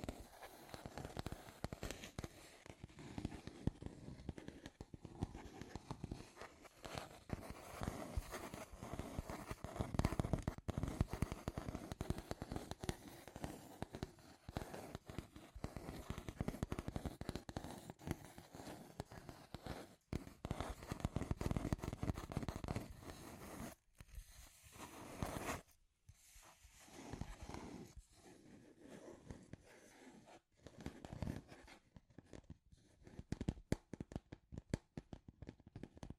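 Dense scratchy tapping crackles almost without pause, a busy rattle of quick clicks and scrapes that briefly thins out around 24 and 26 seconds.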